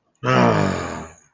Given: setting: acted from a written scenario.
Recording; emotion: vocal sound without words; disappointment